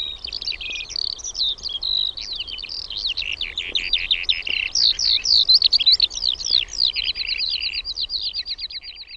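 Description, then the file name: Eurasian skylark song, a dense, unbroken torrent of high chirping, trilled and buzzy notes that grows fuller midway, ending in a fast rattling trill. "KIURU"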